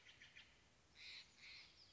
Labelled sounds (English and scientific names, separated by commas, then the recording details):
Steller's Jay (Cyanocitta stelleri)
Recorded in Sonoma County, California